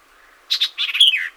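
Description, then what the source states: White-eyed Vireo singing one brisk phrase: two sharp clipped notes, then a jumbled run ending in a clear whistled slur that drops in pitch. 26 April 2019; seventeen songs.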